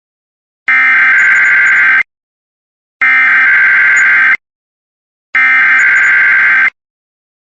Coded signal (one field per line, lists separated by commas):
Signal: Emergency Alert System (SAME) tones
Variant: header bursts